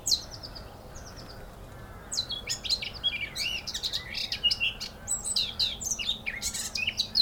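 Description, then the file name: Eurasian blackcap song opening with short descending trills, then a busy, varied warble of bright and scratchy notes. "Sylvia atricapilla"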